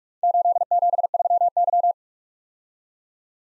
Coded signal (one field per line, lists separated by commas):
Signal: Morse code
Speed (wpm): 44 wpm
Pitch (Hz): 700 Hz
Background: none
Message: 873Y